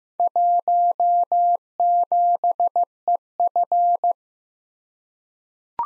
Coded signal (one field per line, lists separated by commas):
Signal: Morse code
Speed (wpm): 15 wpm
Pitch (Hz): 700 Hz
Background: none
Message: 17EF